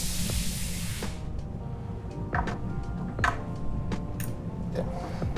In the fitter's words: that's twerking already you heard that click keep going there you are